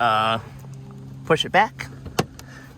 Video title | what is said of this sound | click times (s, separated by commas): Nissan Altima 2013 - 2018 Multi Color Footwell Lighting Kit Install | You'll hear some clicks. | 2.2 s, 2.4 s